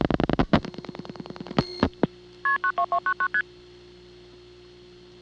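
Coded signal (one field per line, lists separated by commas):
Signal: multi-frequency trunk signalling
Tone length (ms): 90 ms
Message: KP92299ST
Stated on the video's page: Calls dialed to local office codes from a phone served by a rare European (Siemens) switch, Ocala local network, 1982.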